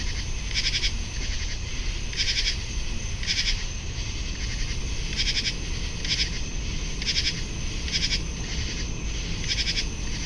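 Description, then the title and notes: Common true katydids singing together, scratchy pulsed calls spaced irregularly, with a continuous high trill and low traffic noise behind. Many singing in chorus at 10:05 PM, July 23, 2015, 75 degrees, picnic grove beside west Dyke Marsh, Virginia; spring or fall crickets and car traffic in background; Fostex FR-2, Sennheiser ME-62, Telinga parabola. "Many Common True Katydids singing on July 23, 2015 at 10:05PM (75 degrees)in Picnic Grove of River Towers Condos alongside of west Dyke Marsh"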